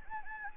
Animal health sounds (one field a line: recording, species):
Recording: mosquito wingbeat signal from an infrared sensor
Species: Anopheles gambiae